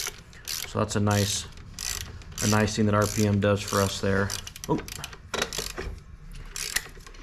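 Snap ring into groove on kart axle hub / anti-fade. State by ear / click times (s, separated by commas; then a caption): seated / 6.8 s. A snap ring is worked onto a go-kart rear axle hub / anti-fade assembly, where it seats in its groove against the steel insert in the aluminum anti-fade so it doesn't end up loose. Someone talks over light handling noise and a cluster of small taps around 5.0–5.6 s. The snap ring snaps into place with a sharp click at 6.8 s and is seated.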